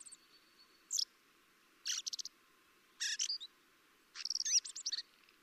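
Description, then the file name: Common blackbird giving rapid clipped call notes in quick runs, each burst of several chinks, about one cluster per second. "Turdus merula"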